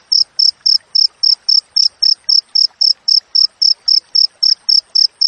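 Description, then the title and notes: Cricket giving evenly spaced shrill chirps, close to four each second, bright and high-pitched over a quiet background. Wild crickets with clear, closely spaced chirps, for training songbirds and for repelling rats. "Masteran Jangkrik Alam Jernih, Jeda Rapat Cocok Untuk Masteran Burung Dan Mengusir Tikus. suara jangkrik"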